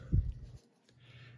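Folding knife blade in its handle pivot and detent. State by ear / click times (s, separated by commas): not seated / none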